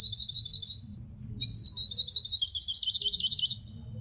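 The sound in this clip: Hooded siskin song with a short high twittering phrase, a pause, then a longer sequence of rapid repeated notes.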